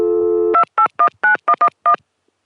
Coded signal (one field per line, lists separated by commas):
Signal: DTMF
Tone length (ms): 90 ms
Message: 2819111